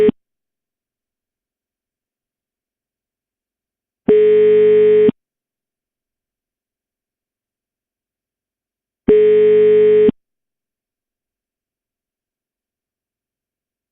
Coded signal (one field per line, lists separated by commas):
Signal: telephone call progress tone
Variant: Europe, 425 Hz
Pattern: ringback tone